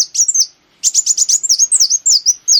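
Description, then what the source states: Sunbird song: a fast string of high whistled and chirping notes, bright and tumbling, after a short opening phrase. Lure recording (pancingan) of kolibri wulung song.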